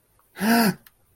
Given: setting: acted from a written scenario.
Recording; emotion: vocal sound without words; distress